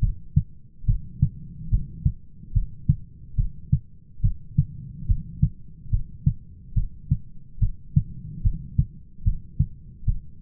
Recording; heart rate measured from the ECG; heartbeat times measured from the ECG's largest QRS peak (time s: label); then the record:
heart sounds by stethoscope; 72 bpm
0.02 s: heartbeat
0.88 s: heartbeat
1.72 s: heartbeat
2.55 s: heartbeat
3.38 s: heartbeat
4.24 s: heartbeat
5.09 s: heartbeat
5.92 s: heartbeat
6.76 s: heartbeat
7.62 s: heartbeat
8.45 s: heartbeat
9.26 s: heartbeat
10.07 s: heartbeat
From the record:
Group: heart failure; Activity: rest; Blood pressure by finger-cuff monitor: 112/84 mmHg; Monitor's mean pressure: 95 mmHg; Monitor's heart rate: 72 bpm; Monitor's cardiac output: 6.2 L/min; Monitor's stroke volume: 87 mL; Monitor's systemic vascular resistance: 1120 dyn s/cm5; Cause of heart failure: idiopathic cardiomyopathy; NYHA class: 1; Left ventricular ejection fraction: 50%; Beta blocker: bisoprolol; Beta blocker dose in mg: 5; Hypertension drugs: candesartan, spironolactone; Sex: male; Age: 54 years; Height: 180 cm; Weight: 94.6 kg